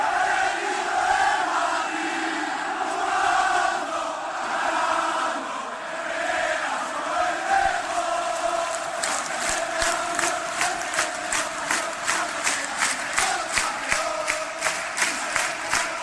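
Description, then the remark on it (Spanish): A large crowd of red-and-white Atlético football fans shouting, chanting and jumping together before the last match at the Estadio Calderón, a steady roar that turns into rhythmic, evenly spaced bursts in the second half, like a repeated chant with claps or jumps. “La imagen es flipante, muchos gritan y saltan, parece que estoy en el zoo.”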